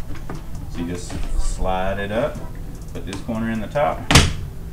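Someone talks while handling a window screen, sliding it up so its top corner goes into the window frame, with a short handling knock around 4.2 s. The clip ends before the screen goes home, so nothing has seated or clicked yet.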